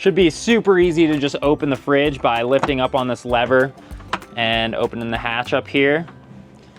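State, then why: Not seated. Someone talks over background music about the hatch lid and latch lever on a campervan's electric fridge. The lever is lifted to open the hatch. The clip ends before the lid is shut, so nothing has clicked or seated yet.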